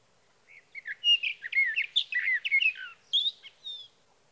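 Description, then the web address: Sage thrasher song: a fast, rambling sequence of varied warbled and whistled notes, ending with a couple of higher clear whistles. "birdsongforthecurious songs Sage Thrasher"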